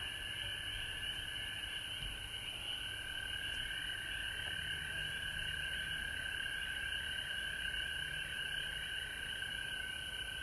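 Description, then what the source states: Continuous frog chorus of layered trills, a mid band and higher bands sustained across the recording above a low hum. Frogs recorded at home in Georgia on March 19, 2020.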